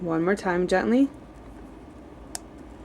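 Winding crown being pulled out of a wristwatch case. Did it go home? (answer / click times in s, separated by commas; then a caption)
released / 2.3 s. Someone talks while the winding crown of a men's Tag Heuer Carrera wristwatch is gently pulled out one more step from the date position to the time-setting position. A single sharp click is heard at 2.4 s as the crown clicks out to the time-setting position.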